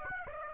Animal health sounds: mosquito wingbeat signal from an infrared sensor; Aedes aegypti

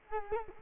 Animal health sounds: mosquito wingbeat signal from an infrared sensor; Culex quinquefasciatus

